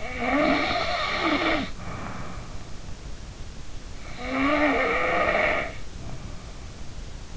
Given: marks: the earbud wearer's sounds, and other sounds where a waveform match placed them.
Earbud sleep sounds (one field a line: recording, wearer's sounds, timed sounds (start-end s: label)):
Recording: sounds in sleep by an in-ear microphone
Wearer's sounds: snoring breath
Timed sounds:
0.00-2.53 s: snoring breath
4.16-6.39 s: snoring breath